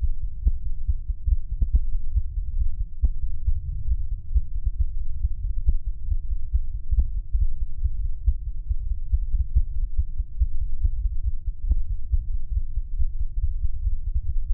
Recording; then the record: fetal heart sounds by stethoscope on the mother's abdomen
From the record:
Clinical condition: bleeding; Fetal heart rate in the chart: 148 bpm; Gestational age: 34 weeks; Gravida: 3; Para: 1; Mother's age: 23 years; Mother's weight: 49 kg